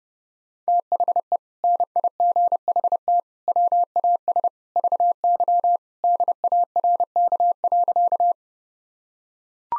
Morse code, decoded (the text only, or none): THE NIGHT WAS VY DARK.